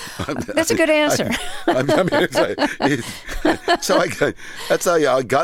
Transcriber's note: laughter